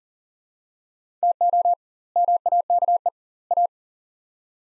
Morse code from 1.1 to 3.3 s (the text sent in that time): TO MAKE